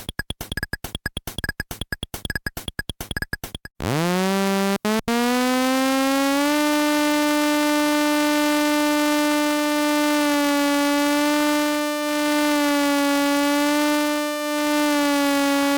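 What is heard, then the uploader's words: A morphing wavetable oscillator opens with almost four seconds of rapid, stuttering clicks and chopped bursts. It then swoops up into a sustained buzzy tone rich in overtones that holds a steady pitch, broken by brief dropouts near five seconds and two short dips later. Morphing Wave Table Oscillator using a Raspberry Pi Pico. It uses an 8-bit R-2R resistor ladder DAC and a #Raspberrypi Pico.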